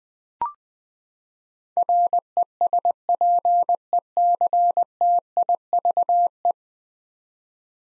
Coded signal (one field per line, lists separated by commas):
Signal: Morse code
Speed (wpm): 20 wpm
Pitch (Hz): 700 Hz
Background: none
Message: RESPECTIVE